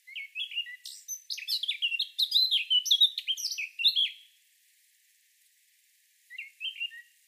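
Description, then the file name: Eurasian blackcap song, a hurried chattering warble of mixed whistles and scratchy notes for about four seconds, then silence and the start of another phrase. "Sylvia atricapilla"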